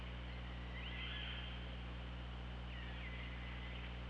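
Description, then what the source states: Killer whale calls: two faint sweeping tonal calls rising and then falling, almost buried in a loud, rough, noisy background with a deep hum. Recorded on the OrcaLab hydrophone, 24 August 2017, 15:25.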